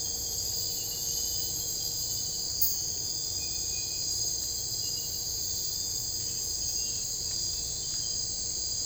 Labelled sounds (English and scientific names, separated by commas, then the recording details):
none
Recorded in secondary vegetation near Puerto Asís, Putumayo, Colombia, on 22 December 2024 at 01:30
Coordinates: 0.484, -76.319
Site GP06